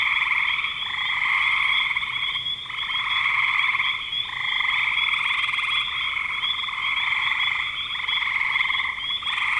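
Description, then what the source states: Chorusing frogs produce a shrill, pulsing drone of overlapping trills, rising and falling slightly in strength every second or two. Frogs calling in spring 2025.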